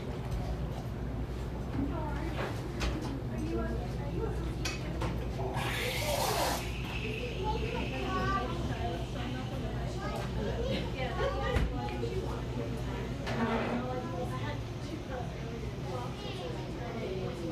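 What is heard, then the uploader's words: A buzzing coffee shop with many overlapping voices chattering steadily throughout. A low constant hum runs underneath, and a loud hissing burst, like a milk steamer or espresso machine, cuts in around six seconds, with a shorter hiss near thirteen seconds. A buzzing coffee shop.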